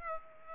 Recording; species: mosquito wingbeat signal from an infrared sensor; Culex pipiens